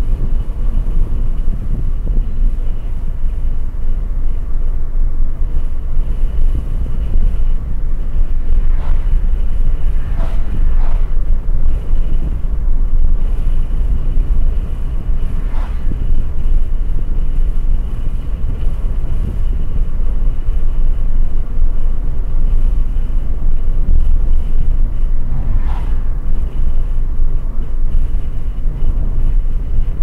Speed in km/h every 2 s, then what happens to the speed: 60, 62, 65, 67, 68, 68, 68, 68, 68, 68, 68, 64, 64, 64, 63.
0-8 speeds up to 68. 8-30 steady at about 68.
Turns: none.